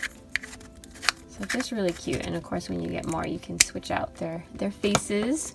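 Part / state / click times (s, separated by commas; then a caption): plastic candy piece into twist toy figure / seated / 0.4 s. A small plastic candy piece is pressed into a twist-style collectible toy figure and clicks into place with a sharp snap at 0.4 s. A few faint plastic taps follow before someone talks over the rest of the clip. The candy piece is seated.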